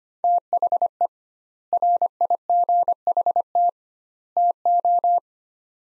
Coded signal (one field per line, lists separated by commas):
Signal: Morse code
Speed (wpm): 25 wpm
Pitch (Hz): 700 Hz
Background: none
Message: THE RIGHT TO